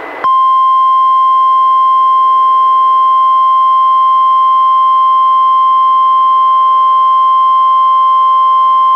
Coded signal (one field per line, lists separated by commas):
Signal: Emergency Alert System (SAME) tones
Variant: 1050 Hz attention tone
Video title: EAS #508: NWR Required Weekly Test- May 12, 2021- 11:00AM PDT